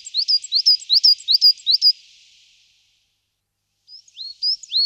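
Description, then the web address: Coal tit calls, a quick series of high, thin, hooked notes repeated rapidly for two seconds, then a pause and a few more similar notes near the end. "Moskovka"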